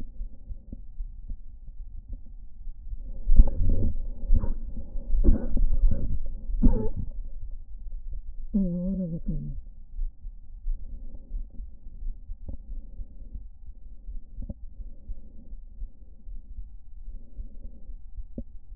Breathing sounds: lung sounds by stethoscope; left anterior apical chest; quiet breathing, then cough and speech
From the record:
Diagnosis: asthma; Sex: female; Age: 65 years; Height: 157 cm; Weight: 70.2 kg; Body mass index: 28.5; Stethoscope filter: diaphragm mode

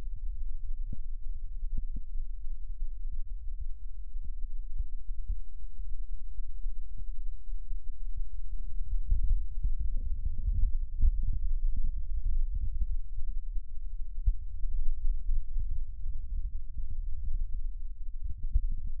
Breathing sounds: lung sounds by stethoscope; right posterior basal chest; quiet breathing, then deep breathing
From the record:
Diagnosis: COPD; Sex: male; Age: 70 years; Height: 183 cm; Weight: 116 kg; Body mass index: 34.6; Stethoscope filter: bell mode

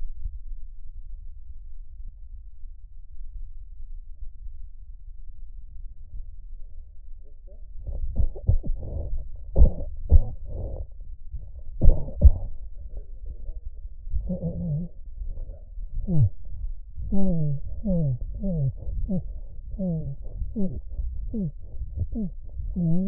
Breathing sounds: lung sounds by stethoscope; left posterior basal chest; quiet breathing, then cough and speech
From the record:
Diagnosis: interstitial lung disease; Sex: male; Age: 82 years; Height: 158 cm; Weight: 49 kg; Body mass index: 19.6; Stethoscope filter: extended mode

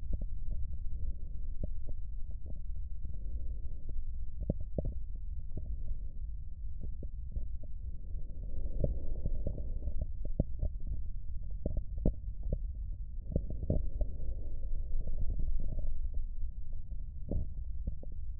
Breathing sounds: lung sounds by stethoscope; right posterior basal chest; quiet breathing, then deep breathing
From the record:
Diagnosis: interstitial lung disease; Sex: female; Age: 53 years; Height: 168 cm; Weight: 108 kg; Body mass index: 38.3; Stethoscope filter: extended mode

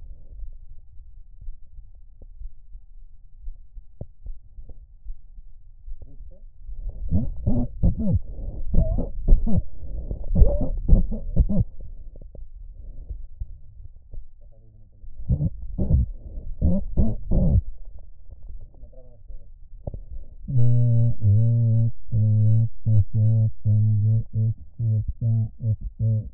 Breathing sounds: lung sounds by stethoscope; right anterior apical chest; quiet breathing, then cough and speech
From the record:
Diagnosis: pulmonary infection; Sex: male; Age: 86 years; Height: 165 cm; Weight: 65 kg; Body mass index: 23.9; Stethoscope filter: extended mode

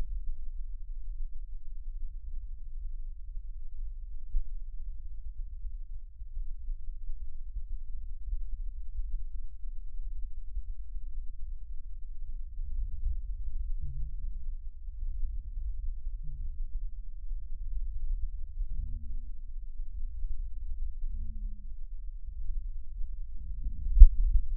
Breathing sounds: lung sounds by stethoscope; right posterior basal chest; quiet breathing, then deep breathing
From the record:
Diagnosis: interstitial lung disease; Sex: female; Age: 72 years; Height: 153 cm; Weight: 71 kg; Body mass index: 30.3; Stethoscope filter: bell mode

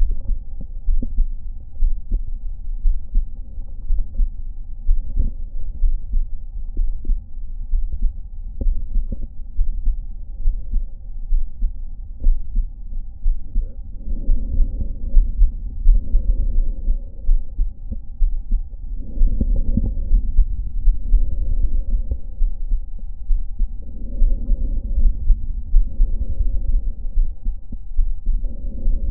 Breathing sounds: lung sounds by stethoscope; right anterior apical chest; quiet breathing, then deep breathing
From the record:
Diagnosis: none (healthy); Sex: male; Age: 30 years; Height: 190 cm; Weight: 88 kg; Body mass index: 24.4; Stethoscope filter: diaphragm mode

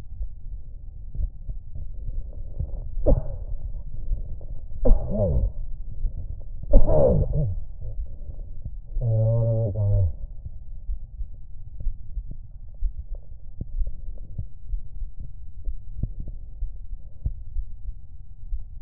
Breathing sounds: lung sounds by stethoscope; left anterior apical chest; quiet breathing, then cough and speech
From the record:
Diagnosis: COPD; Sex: male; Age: 69 years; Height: 162 cm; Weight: 124.8 kg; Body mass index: 47.6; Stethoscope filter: extended mode

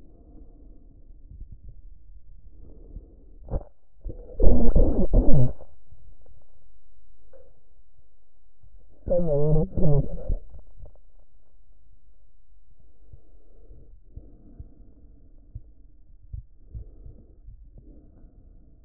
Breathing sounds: lung sounds by stethoscope; trachea; quiet breathing, then cough and speech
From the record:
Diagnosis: COPD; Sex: male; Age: 65 years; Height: 162 cm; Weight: 67.8 kg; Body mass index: 25.8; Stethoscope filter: extended mode

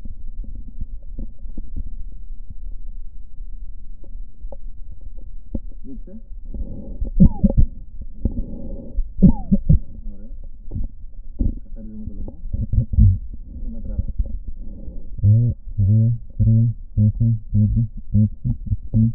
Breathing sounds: lung sounds by stethoscope; right posterior basal chest; quiet breathing, then cough and speech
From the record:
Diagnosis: none (healthy); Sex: male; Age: 29 years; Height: 180 cm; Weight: 100 kg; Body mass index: 30.9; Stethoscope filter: diaphragm mode

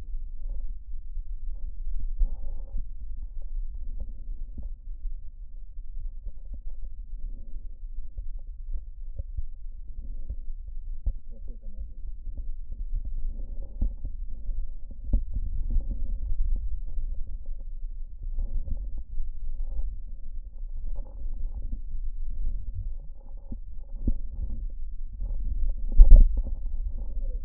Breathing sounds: lung sounds by stethoscope; right posterior basal chest; quiet breathing, then deep breathing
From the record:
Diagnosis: COPD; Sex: female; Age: 80 years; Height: 160 cm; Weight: 62 kg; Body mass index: 24.2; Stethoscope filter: diaphragm mode

